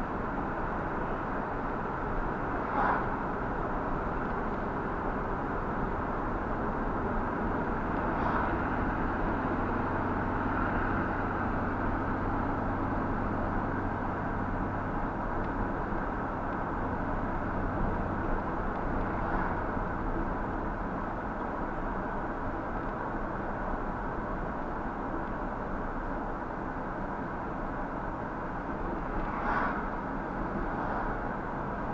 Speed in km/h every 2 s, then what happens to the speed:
60, 60, 60, 61, 63, 64, 64, 64, 64, 63, 61, 60, 58, 56, 56, 58.
0-16 steady at about 63. 16-25 slows to 56. 25-32 steady at about 56.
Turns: none.